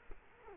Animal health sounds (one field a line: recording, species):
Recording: mosquito wingbeat signal from an infrared sensor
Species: Culex quinquefasciatus